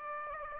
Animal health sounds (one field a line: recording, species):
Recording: mosquito wingbeat signal from an infrared sensor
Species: Aedes aegypti